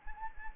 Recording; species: mosquito wingbeat signal from an infrared sensor; Anopheles arabiensis